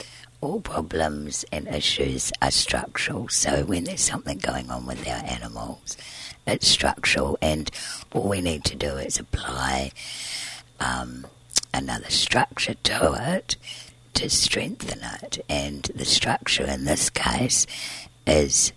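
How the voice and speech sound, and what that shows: An adult woman speaks fluently in a low, rough, breathy voice that often fades toward a whisper, with frequent creaky voicing. This is dysphonia from a vocal cord scarred during surgery at age 20 to remove large laryngeal cysts present since birth; the scar keeps the vocal folds from vibrating cleanly. She breathes through a tracheostomy tube because her airway is narrow.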